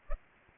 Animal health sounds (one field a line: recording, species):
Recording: mosquito wingbeat signal from an infrared sensor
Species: Culex pipiens